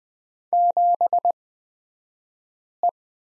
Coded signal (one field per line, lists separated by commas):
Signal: Morse code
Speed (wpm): 20 wpm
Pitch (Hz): 700 Hz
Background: none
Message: 7E